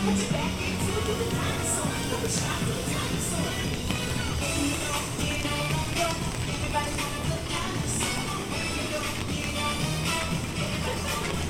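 A walk through Animal Kingdom park in Walt Disney World: a steady, dense crowd murmur with bright clicks and clatter recurring every second or so.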